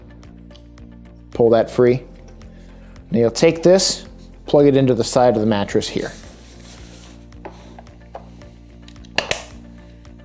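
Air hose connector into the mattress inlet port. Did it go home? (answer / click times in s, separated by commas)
yes / 9.2 s, 9.3 s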